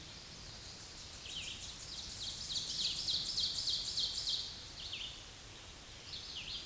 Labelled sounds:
Ovenbird (Seiurus aurocapilla) song
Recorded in a Pennsylvania forest on 16 May 2024 at 07:59
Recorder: AudioMoth, point MSD-1539
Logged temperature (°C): 16.0 °C
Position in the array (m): 149 m, 2 m

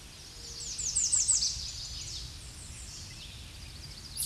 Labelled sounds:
American Redstart (Setophaga ruticilla) song
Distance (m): 5 m
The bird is about 5 m above the microphone
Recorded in a Pennsylvania forest on 16 May 2024 at 07:38
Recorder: AudioMoth, point MSD-0526
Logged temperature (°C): 16.6 °C
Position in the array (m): 105 m, 227 m

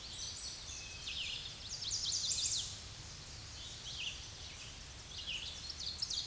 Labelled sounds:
Red-eyed Vireo (Vireo olivaceus) song
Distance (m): 25 m
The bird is about level with the microphone
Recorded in a Pennsylvania forest on 16 May 2024 at 07:51
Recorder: AudioMoth, point MSD-2376
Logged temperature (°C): 16.7 °C
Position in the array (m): 149 m, 27 m

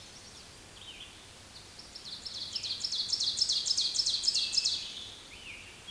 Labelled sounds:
Ovenbird (Seiurus aurocapilla) song
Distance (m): 15 m
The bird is about level with the microphone
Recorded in a Pennsylvania forest on 16 May 2024 at 06:33
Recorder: AudioMoth, point MSD-2287
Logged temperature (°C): 11.2 °C
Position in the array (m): 135 m, 5 m

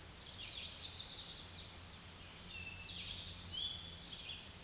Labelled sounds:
Eastern Towhee (Pipilo erythrophthalmus) song
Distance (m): 50 m
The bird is about level with the microphone
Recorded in a Pennsylvania forest on 16 May 2024 at 06:40
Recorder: AudioMoth, point MSD-2083
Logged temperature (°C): 16.7 °C
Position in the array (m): 93 m, 14 m

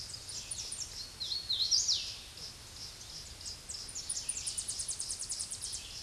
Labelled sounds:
Hooded Warbler (Setophaga citrina) song
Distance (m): 20 m
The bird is about 15 m above the microphone
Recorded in a Pennsylvania forest on 16 May 2024 at 07:58
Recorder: AudioMoth, point MSD-2208
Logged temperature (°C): 15.2 °C
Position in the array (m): 142 m, 101 m

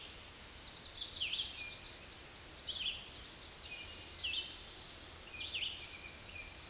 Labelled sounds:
Red-eyed Vireo (Vireo olivaceus) song
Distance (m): 25 m
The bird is about 15 m above the microphone
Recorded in a Pennsylvania forest on 16 May 2024 at 06:39
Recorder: AudioMoth, point MSD-2201
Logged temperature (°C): 15.5 °C
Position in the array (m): 164 m, 72 m

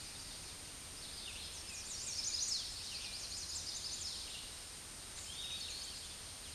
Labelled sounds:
Chestnut-sided Warbler (Setophaga pensylvanica) song
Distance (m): 45 m
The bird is about 20 m above the microphone
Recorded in a Pennsylvania forest on 16 May 2024 at 07:32
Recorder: AudioMoth, point MSD-0398
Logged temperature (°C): 16.4 °C
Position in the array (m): 135 m, 125 m

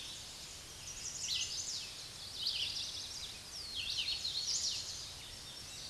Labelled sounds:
Red-eyed Vireo (Vireo olivaceus) song
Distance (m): 35 m
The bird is about 25 m above the microphone
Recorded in a Pennsylvania forest on 16 May 2024 at 06:34
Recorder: AudioMoth, point MSD-2208
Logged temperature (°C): 15.2 °C
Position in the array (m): 164 m, 71 m

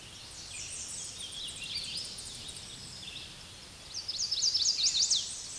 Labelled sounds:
Hooded Warbler (Setophaga citrina) song
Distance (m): 60 m
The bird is about 5 m below the microphone
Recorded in a Pennsylvania forest on 16 May 2024 at 07:16
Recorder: AudioMoth, point MSD-2305
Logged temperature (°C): 16.9 °C
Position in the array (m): 14 m, 153 m

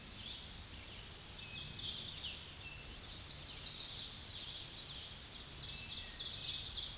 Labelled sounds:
Chestnut-sided Warbler (Setophaga pensylvanica) song
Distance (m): 45 m
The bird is about 15 m above the microphone
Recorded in a Pennsylvania forest on 16 May 2024 at 06:46
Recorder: AudioMoth, point MSD-2429
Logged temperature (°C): 16.7 °C
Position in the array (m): 63 m, 66 m

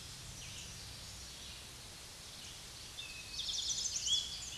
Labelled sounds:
Eastern Towhee (Pipilo erythrophthalmus) song
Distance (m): 45 m
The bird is about 10 m above the microphone
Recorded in a Pennsylvania forest on 16 May 2024 at 06:09
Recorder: AudioMoth, point MSD-2376
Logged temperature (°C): 16.7 °C
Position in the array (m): 106 m, 6 m

